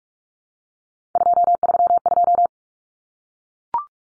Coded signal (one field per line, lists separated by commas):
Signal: Morse code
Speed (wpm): 44 wpm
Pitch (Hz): 700 Hz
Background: none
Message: 232